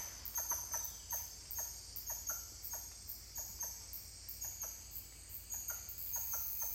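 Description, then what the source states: Titi monkey calling in short pulsed notes, grouped in uneven bursts with brief pauses, over a constant high-pitched insect drone. More than one titi monkey calling.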